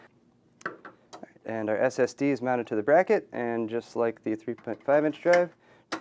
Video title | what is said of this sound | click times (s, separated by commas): Newegg TV How To Build a Computer Part 2 The Build | drops down and snaps into place | 0.7 s